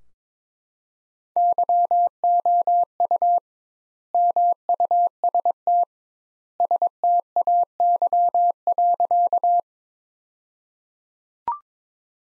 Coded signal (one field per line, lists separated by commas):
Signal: Morse code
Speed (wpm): 22 wpm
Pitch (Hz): 700 Hz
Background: none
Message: YOU MUST STAY.